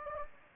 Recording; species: mosquito wingbeat signal from an infrared sensor; Anopheles gambiae